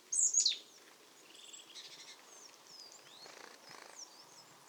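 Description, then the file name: Marsh tit call: a loud, high, downward-sweeping note at the start, followed by softer high chirps and faint buzzy notes. "Poecile palustris"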